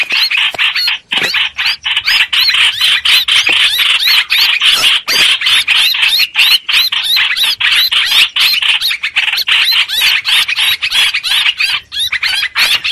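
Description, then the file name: Streak-eared bulbul distress calls, a steady torrent of grating, high squeaky notes repeated rapidly for the whole stretch. Distress call given to summon the flock. "Tieng chim trao trao keu cuu goi bay"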